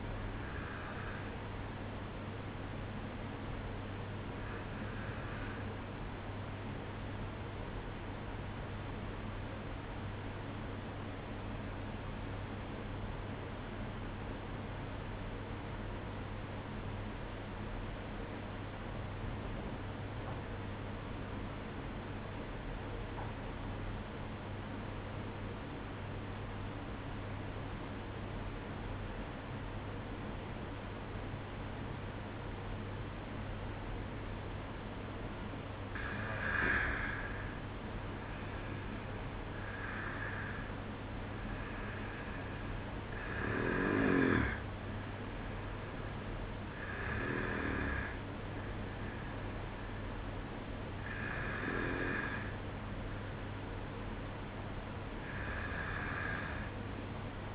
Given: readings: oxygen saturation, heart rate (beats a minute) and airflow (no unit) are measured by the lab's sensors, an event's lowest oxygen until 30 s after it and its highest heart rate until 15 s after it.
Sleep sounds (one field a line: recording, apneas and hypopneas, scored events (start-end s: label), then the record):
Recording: breathing in sleep by a voice recorder at the bedside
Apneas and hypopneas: 1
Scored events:
7.00-34.20 s: obstructive apnea (N2, oxygen 95% highest, then 91% lowest, heart rate 55 at the start, 60 highest)
27.00-57.55 s: new sleep stage, N1 (lightest sleep)
From the record:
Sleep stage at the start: N2 (light sleep)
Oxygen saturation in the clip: 91 to 95%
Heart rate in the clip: 54 to 60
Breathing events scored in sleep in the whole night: 305 in 9.6 hours asleep